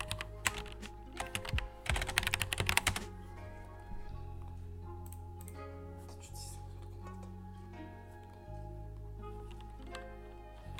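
Keyboard sounds while doing homework: quick bursts of clicky typing in the first three seconds, densest around the two-second mark. After that the keys fall mostly quiet, with a few scattered taps over a steady low hum and a constant thin whine.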